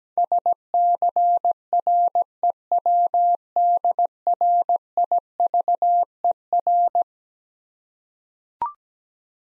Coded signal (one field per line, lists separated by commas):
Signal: Morse code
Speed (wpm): 17 wpm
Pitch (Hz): 700 Hz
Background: none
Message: SCREWDRIVER